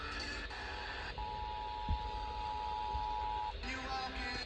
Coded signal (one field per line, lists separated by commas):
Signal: Emergency Alert System (SAME) tones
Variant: 853 and 960 Hz attention tone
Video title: RARE SATURDAY RMT, MISSOULA??? EAS Tests from June 2025 (EAS #5,965 - 6,012)